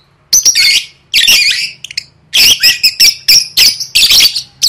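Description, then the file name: Lovebird producing piercing, raspy squawks that start after a moment of quiet and run into a dense series of rapid chattering notes. "tieng vet mau don"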